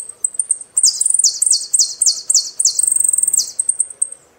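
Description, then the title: Saffron finch song: a dense, loud stream of high chirps and repeated downward-slurred notes, with a fast rattling trill near the end, then fading into chips. "Jilguero Argentino"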